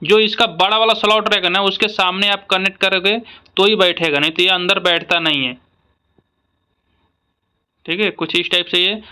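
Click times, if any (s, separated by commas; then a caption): none. Someone talks while lining up a keyed multi-pin cable connector with its large slot so it can go into its panel socket on a CNC machine; it fits only one way. During a pause, a single faint tap is heard around 6.2 s, and nothing has seated or clicked yet.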